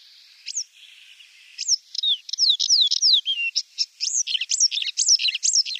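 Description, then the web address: Paddyfield warbler singing a lively, rapid stream of high, sliding whistled notes and chattering phrases. "Schulze Peter Paddyfield Warbler song"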